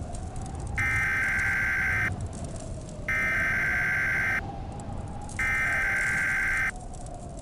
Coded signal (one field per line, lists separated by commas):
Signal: Emergency Alert System (SAME) tones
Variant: header bursts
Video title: EAS Mock 29: Prophet